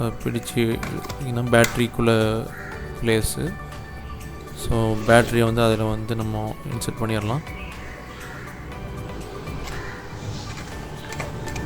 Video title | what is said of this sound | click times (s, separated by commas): How to fly a Drone - Drone Tutorials for Beginner's - Tamil | கரெக்டாக insert பண்ணிட்டா நம்மளுக்கு ஒரு லாக் சத்தம் கேட்கும். | 11.2 s